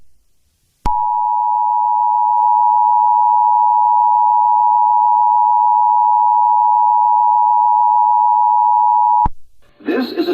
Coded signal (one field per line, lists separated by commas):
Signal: Emergency Alert System (SAME) tones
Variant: 853 and 960 Hz attention tone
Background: speech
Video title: Eas Alert #17 (VPTV-dt3) - REQUIRED MONTHLY TEST